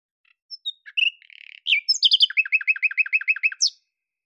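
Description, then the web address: Bird song beginning with whistles and a short buzzy trill, then moving into a fast, regular series of repeated chirping notes with high overtones. "Deverinetal 2025"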